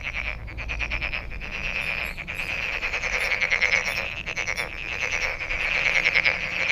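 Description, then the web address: Frogs calling together, fast rattling pulses over a constant high ringing band, with faint low rumble beneath. Recorded 23 May 2008. "misc sound frog frog 20080523"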